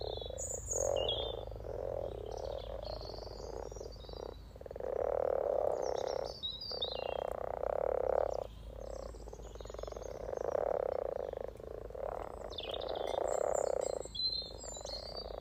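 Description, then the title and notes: Frog chorus of low rolling croaks swelling in waves every few seconds, several frogs overlapping, while small birds chirp and whistle in the background. Chorus of about 20 frogs in a sunny garden pond welcoming arriving females laying spawn, Freshfield, Formby, Merseyside, UK, sunny 17 March 2023, spring. "Frog chorus captured on 17th March 2023, Freshfield Formby Merseyside, UK"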